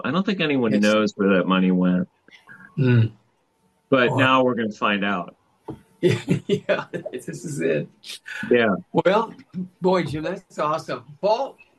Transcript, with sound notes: I don't think anyone knows-
Yes.
... where that money went.
Mm. Boy.
But now we're going to find out.
(laughs) Yeah. This is it.
Yeah.
Well, boy Jim, that's awesome.